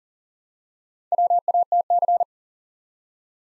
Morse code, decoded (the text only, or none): WATC